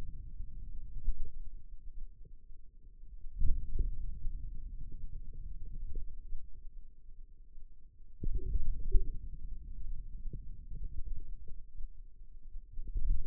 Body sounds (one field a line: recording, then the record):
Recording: forearm muscle sounds (acoustic myography)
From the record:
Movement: wrist extension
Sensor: system 2, bracelet of six BSWA MPA416 microphones around the upper forearm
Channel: 3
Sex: male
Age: 22 years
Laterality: right